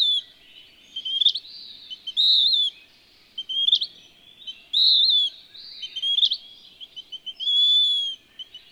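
Western wood-pewee song: hoarse, buzzy downslurred notes repeated several times, separated by quick clipped notes.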